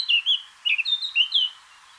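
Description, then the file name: Eurasian blackcap singing a brief chattering warble of mixed whistled notes that breaks off after about a second and a half. "Sylvia atricapilla"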